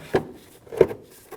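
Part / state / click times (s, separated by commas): tail light housing guide pins into vehicle body / not seated / none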